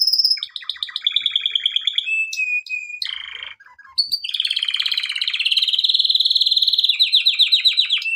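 Canary song of repeated trilled syllables, a brief whistle and low chatter, then a long bright rolling trill that ends in stuttering rattles.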